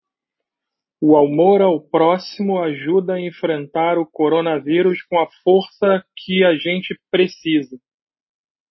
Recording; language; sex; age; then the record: spoken sentence; Brazilian Portuguese; male; 40 to 49 years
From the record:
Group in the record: control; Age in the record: 43 years